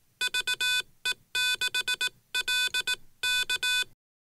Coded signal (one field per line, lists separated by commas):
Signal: Morse code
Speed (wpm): 18 wpm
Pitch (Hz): 1500 Hz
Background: none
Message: VE6LK